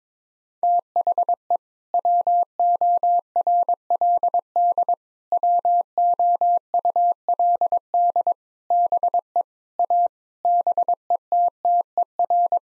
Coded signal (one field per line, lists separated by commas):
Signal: Morse code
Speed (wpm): 22 wpm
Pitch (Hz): 700 Hz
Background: none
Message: THE WORLD WOULD BE A BETTER